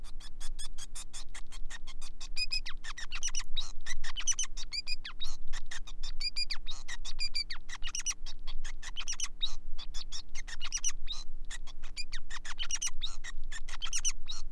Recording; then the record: song of a male Bengalese finch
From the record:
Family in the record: son of father 5